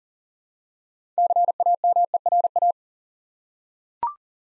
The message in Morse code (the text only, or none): CAMERA